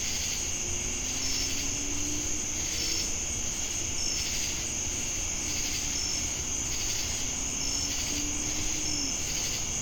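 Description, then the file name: Crickets trilling steadily at high pitch with regular short chirps, pulsing insect buzz, and faint low drawn-out tones under a rumbling background. Recorded with cicadas in Jamestown, North Carolina, on 10 August 2018. "Crickets And Sacadas Jamestown NC August-10-2018"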